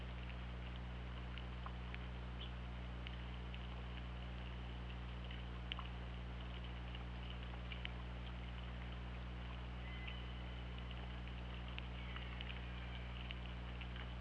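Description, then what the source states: Killer whale call, short stepped tonal calls toward the end, with scattered clicks throughout and a constant deep hum in the background. Recorded on the OrcaLab hydrophone, 24 August 2017, around 20:52.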